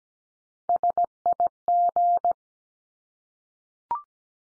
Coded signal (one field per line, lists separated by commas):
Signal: Morse code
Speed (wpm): 17 wpm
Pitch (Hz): 700 Hz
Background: none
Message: SIG